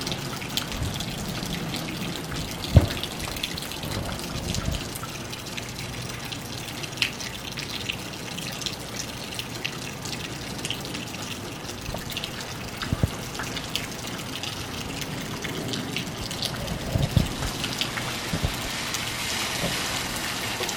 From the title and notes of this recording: Rain.